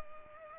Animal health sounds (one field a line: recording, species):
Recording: mosquito wingbeat signal from an infrared sensor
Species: Culex pipiens